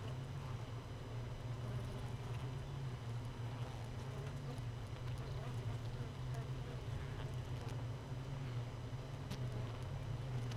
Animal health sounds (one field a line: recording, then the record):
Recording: honeybee colony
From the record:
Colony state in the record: missing queen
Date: 31 May 2018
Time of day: 4:44